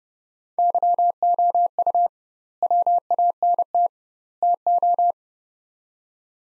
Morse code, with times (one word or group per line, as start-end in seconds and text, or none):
0.6-2.1 YOU
2.6-3.9 WANT
4.4-5.1 TO